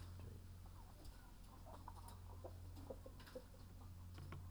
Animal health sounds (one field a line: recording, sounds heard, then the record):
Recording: poultry house recording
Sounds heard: healthy chickens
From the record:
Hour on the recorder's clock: 15